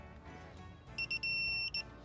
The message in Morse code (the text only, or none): none